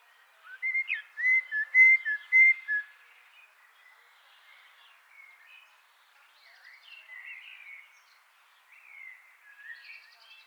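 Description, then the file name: Eurasian blackbird gives one loud fluty whistled phrase, followed by several seconds of quieter, softer warbled phrases. "Turdus merula"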